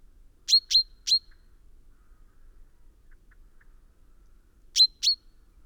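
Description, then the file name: Common chaffinch giving three sharp, high call notes in quick succession, a gap of a few seconds, then two more. "Fringilla coelebs"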